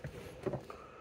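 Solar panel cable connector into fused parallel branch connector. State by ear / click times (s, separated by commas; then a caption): not seated / none. A plastic solar panel cable connector is being handled and pushed toward the fused branch connector on the positive cable of a solar parallel kit. Soft handling noise is broken by brief knocks at about 0.5 s and 0.7 s. Nothing has clicked or seated yet.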